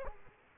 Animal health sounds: mosquito wingbeat signal from an infrared sensor; Aedes aegypti

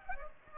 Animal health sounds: mosquito wingbeat signal from an infrared sensor; Aedes aegypti

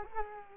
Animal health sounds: mosquito wingbeat signal from an infrared sensor; Culex quinquefasciatus

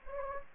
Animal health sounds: mosquito wingbeat signal from an infrared sensor; Anopheles gambiae

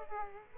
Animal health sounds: mosquito wingbeat signal from an infrared sensor; Aedes aegypti

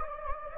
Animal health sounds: mosquito wingbeat signal from an infrared sensor; Anopheles gambiae

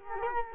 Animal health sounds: mosquito wingbeat signal from an infrared sensor; Culex quinquefasciatus

